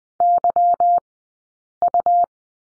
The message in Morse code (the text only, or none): YU